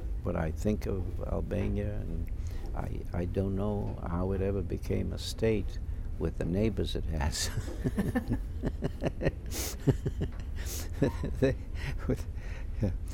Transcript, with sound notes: When I think of Albania, I don't know how it ever became a state with the neighbors it has. ( he laughs ) With, if